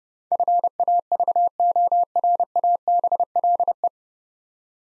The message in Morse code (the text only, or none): FAVORABLE